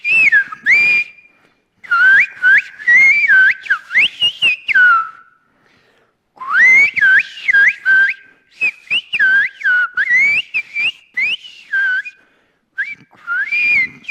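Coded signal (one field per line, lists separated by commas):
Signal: whistled language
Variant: Sfyria (Greek)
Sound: a loud gliding whistle rising and falling in short phrases with brief pauses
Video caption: [σφυρίγματα] [σφυρίγματα] [σφυρίγματα]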